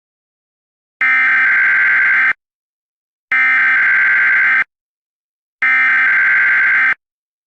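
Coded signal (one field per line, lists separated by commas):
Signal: Emergency Alert System (SAME) tones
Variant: header bursts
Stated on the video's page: Fictional custom EAS scenario, not a real alert.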